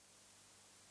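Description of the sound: A soft, steady hiss of airflow lasting under a second, even in level with no breaths or pauses, over a faint low hum. It is the simulated sound of a CPAP sleep apnoea machine, offered by sleep clinics as a quiet replacement for snoring.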